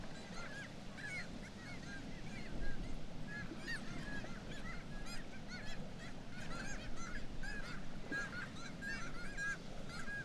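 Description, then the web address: Black-legged kittiwakes calling as a colony, many nasal arched calls overlapping throughout, over a steady low rumble. "sound Black-legged-kittiwake. صدای-پرنده-کاکایی-پاسیاه"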